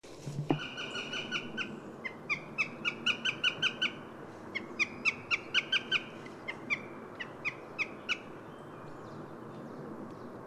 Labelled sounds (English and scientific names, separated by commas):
Eurasian Jay (Garrulus glandarius) call